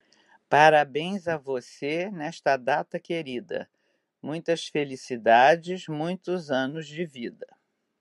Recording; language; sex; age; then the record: short text; Brazilian Portuguese; female; 70 to 79 years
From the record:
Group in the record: control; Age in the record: 71 years